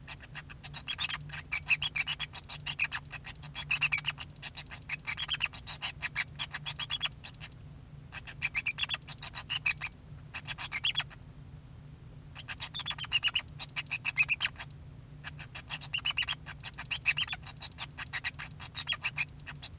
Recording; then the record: song of a male Bengalese finch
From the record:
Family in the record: son of father 2